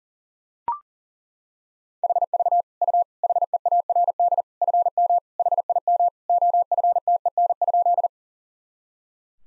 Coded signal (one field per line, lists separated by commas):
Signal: Morse code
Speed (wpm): 37 wpm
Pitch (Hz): 700 Hz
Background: none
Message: HV U HEARD FM HIM OFTEN?